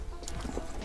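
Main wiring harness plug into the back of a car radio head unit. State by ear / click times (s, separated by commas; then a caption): not seated / none. The main wiring harness, already connected to the interface box, is handled at the back of a LinksWell T-Style aftermarket touchscreen radio for a 2018 Silverado, with steady low hum and faint handling noise and a brief bright transient at 0.28 s. The harness connector has not seated or clicked yet.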